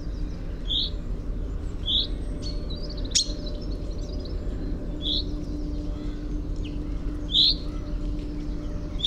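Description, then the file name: Common chaffinch giving short sharp high calls, about five spaced notes over nine seconds, over steady low rumbling background noise and a single click. "Fringilla coelebs"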